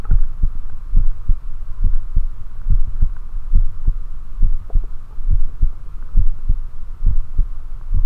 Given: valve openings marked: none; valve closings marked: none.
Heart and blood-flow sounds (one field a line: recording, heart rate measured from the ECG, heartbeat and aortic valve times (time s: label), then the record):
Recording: heart sounds by stethoscope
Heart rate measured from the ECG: 69 bpm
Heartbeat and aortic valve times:
0.13 s: heartbeat (ECG mark)
0.98 s: heartbeat (ECG mark)
1.86 s: heartbeat (ECG mark)
2.72 s: heartbeat (ECG mark)
3.57 s: heartbeat (ECG mark)
4.45 s: heartbeat (ECG mark)
5.32 s: heartbeat (ECG mark)
6.19 s: heartbeat (ECG mark)
7.08 s: heartbeat (ECG mark)
7.96 s: heartbeat (ECG mark)
From the record:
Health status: healthy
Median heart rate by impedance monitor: 69 bpm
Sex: male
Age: 24 years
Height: 167 cm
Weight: 61 kg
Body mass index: 21.87